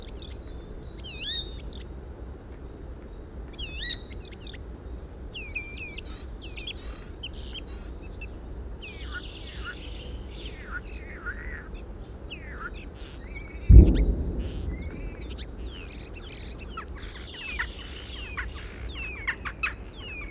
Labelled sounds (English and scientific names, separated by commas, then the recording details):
European Starling (Sturnus vulgaris)
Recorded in the wild
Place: Staphel, Insel Rügen, Mecklenburg-Vorpommern, DE
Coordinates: 54.441, 13.335
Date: 1972-04-29
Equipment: Nagra III BH, Sennheiser MD 21, parabola
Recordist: Schubert, Michael
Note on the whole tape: Gesang Star u. a. mit Imitation v. Frosch u. Dohle